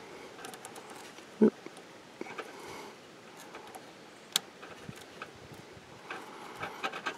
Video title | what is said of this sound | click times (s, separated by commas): Pit Boss RTD Temperature Probe Replacement / ERL Code | It snapped right in. I heard an audible snap, | 4.4 s